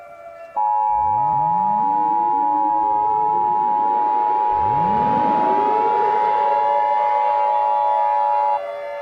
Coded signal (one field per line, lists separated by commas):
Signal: Emergency Alert System (SAME) tones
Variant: 853 and 960 Hz attention tone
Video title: [EAS SCENARIO/ANALOG HORROR] - Dark Autumn